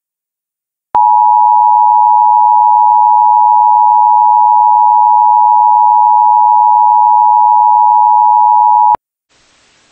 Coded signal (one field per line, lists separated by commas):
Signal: Emergency Alert System (SAME) tones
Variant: 853 and 960 Hz attention tone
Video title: EAS #147 (Severe Thunderstorm Watch)